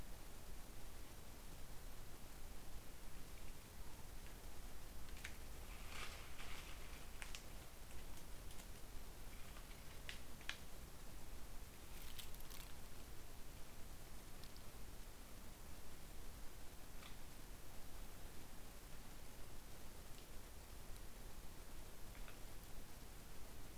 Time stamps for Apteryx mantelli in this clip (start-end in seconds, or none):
none